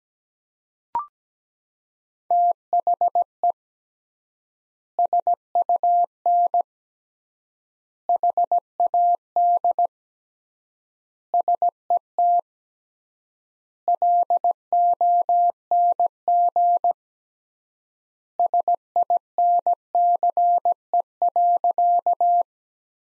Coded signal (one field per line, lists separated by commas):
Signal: Morse code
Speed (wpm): 17 wpm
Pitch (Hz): 700 Hz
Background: none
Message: THE SUN HAD SET LONG SINCE.